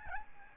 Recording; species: mosquito wingbeat signal from an infrared sensor; Aedes albopictus